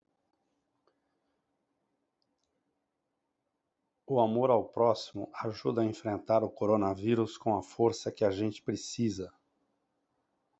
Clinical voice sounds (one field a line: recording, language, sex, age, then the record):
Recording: spoken sentence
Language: Brazilian Portuguese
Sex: male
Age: 50 to 59 years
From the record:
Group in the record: control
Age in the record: 59 years